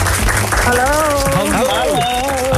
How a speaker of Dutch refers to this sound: Applaus!